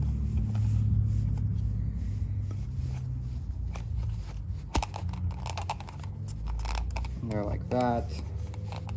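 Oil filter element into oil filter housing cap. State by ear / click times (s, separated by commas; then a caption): not seated / none. A new plastic-framed paper oil filter element for a BMW F30 328d is handled and lined up against the cap of the oil filter housing while someone talks. Short scraping, crunching plastic contacts come through around 4.8 to 7.0 seconds, with a faint tapping pattern near the end. Nothing has seated or clicked into the cap yet.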